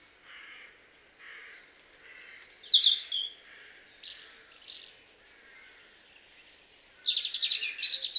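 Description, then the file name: European robin song, thin high whistled notes alternating with short rapid twittering bursts, phrases separated by brief pauses. "Erithacus rubecula"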